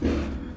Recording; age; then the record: pig call; growing-finishing pig (85 days or more)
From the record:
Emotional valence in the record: negative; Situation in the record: barren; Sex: female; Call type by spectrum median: low-frequency call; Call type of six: low-frequency stable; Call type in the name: low-frequency stable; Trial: 3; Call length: 0.57 s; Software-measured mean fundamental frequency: 57 Hz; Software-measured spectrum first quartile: 120 Hz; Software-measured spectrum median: 263 Hz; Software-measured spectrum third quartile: 489 Hz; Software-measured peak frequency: 243 Hz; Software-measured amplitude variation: 123 dB a second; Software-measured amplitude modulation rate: 25.5 a second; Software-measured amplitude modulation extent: 4.8 dB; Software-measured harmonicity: -1.5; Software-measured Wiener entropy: -0.51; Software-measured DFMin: 1104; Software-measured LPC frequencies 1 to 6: 345, 1359, 2539, 3396, 4333, 5865 Hz